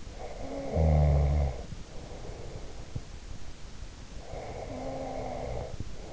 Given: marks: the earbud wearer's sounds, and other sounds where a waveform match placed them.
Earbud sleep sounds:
sounds in sleep by an in-ear microphone; snoring breath
0.21-2.89 s: snoring breath

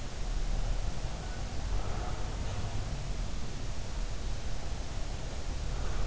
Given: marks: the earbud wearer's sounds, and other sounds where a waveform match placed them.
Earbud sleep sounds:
sounds in sleep by an in-ear microphone; breath
0.00-3.66 s: sound from someone else or the room
0.54-3.15 s: breath

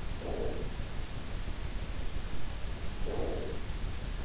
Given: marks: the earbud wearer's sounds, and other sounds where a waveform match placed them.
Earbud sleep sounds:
sounds in sleep by an in-ear microphone; breath
0.00-1.07 s: breath
2.74-4.04 s: breath

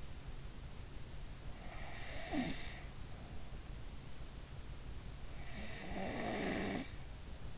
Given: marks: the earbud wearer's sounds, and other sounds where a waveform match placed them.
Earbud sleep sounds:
sounds in sleep by an in-ear microphone; snoring breath
1.35-3.81 s: snoring breath
5.41-7.58 s: snoring breath

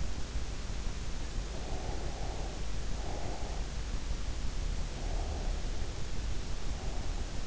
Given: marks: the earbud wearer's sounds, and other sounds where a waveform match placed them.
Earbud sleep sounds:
sounds in sleep by an in-ear microphone; breath
1.69-3.63 s: breath
4.86-7.32 s: breath

